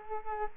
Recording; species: mosquito wingbeat signal from an infrared sensor; Culex quinquefasciatus